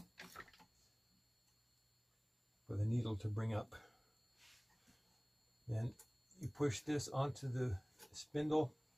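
A loaded bobbin case is being handled toward the center spindle of the rotary hook on a vintage White 305 sewing machine, where its metal latch should click into place. Someone talks throughout, with a brief sharp sound near 0.2 s. The clip ends before the bobbin case goes home, so nothing has seated or clicked yet.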